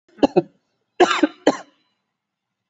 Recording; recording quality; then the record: heavy voluntary cough; excellent, no background noise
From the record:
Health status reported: COVID-19 positive, no symptoms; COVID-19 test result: positive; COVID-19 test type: RT-PCR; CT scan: taken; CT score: 17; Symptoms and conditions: cough, cold, breathing difficulty, fatigue, muscle pain, loss of smell and taste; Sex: male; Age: 28 years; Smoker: no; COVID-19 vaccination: none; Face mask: not worn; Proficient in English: yes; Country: India